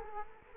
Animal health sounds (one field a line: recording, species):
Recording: mosquito wingbeat signal from an infrared sensor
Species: Culex quinquefasciatus